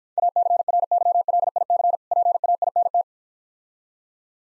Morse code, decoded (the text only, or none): ACRYLIC PAINT